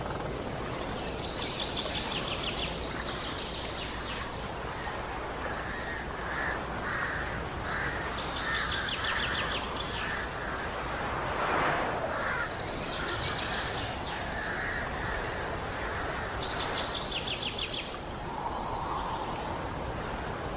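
Nature sounds: a steady, dense hiss of background noise runs throughout, with birds calling over it. Harsh, rapidly pulsed bird calls, perhaps crows, come in short bursts every few seconds, and a brief louder swell arrives around twelve seconds.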